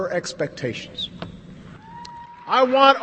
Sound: applause